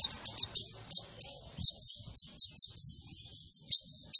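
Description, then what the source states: White-eye song: a rapid, continuous string of high, thin chirps and swooping whistled notes. Young bird, described as in full, vigorous song.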